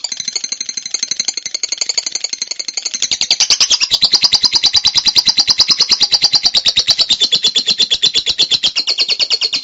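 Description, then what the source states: Songbird song: a loud continuous high trill of rapid repeated notes, rising in intensity partway through and running steadily to the end. Training recording for songbirds.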